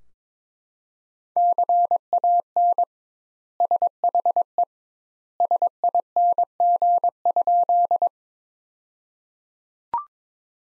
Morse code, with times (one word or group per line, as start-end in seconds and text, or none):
1.4-2.8 CAN
3.6-4.6 SHE
5.4-8.1 SING?